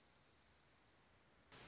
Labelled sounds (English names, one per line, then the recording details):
Dark-eyed Junco
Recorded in Sonoma County, California